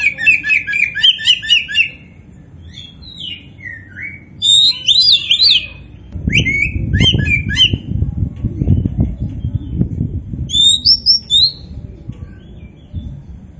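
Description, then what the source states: Oriental magpie-robin song of fast trilled phrases and varied whistles; a low rumbling noise runs underneath through the middle. Local variety called kacer poci; described as gacor, singing vigorously.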